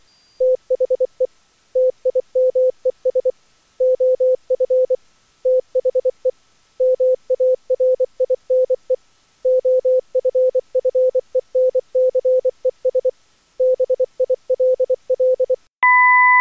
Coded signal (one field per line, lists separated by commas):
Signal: Morse code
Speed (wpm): 24 wpm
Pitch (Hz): 510 Hz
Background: none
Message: THE TIMES OF THE MARINE OFFENCES BILL